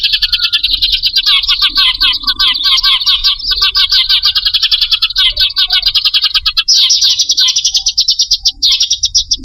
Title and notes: Suara Burung Bandel Yang Susah Mendekati. Kompilasi Suara Pikat Burung